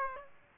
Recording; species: mosquito wingbeat signal from an infrared sensor; Aedes aegypti